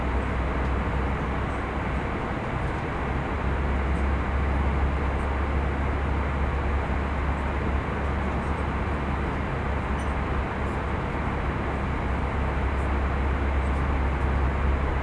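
Steady airplane cabin noise fills the whole recording, a dense, even roar that never rises or falls. A deep low hum sits underneath, with the sound thinning out toward the top. Faint small clicks surface now and then, around ten seconds and near the end.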